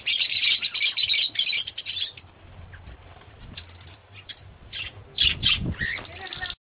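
Lovebird chatter: shrill, rapid chirps and squeaks in bursts, loudest at the start and again near the end, with a low hum underneath.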